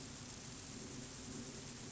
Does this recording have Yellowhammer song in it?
no